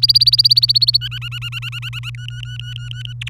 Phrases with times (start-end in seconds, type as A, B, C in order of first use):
0.02-0.97 A, 1.01-2.10 B, 2.15-3.13 C, 3.21-3.29 D